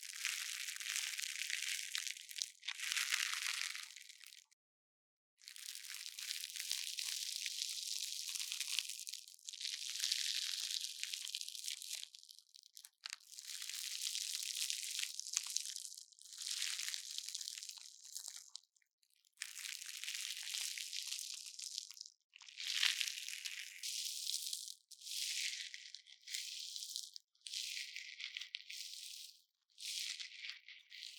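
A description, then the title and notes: A syringe draws up water in a series of hissing, crackling bursts, each lasting one to five seconds, separated by short silences. The sound is bright and gritty with no low end, and brief pops mark the starts and ends of several bursts. The sound of the syringe absorbing water and making a popping sound.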